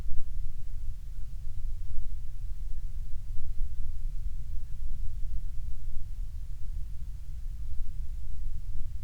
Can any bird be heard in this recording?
no